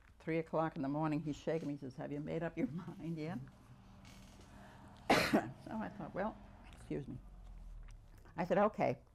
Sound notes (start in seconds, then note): 3.4 chuckles; 5.0 coughs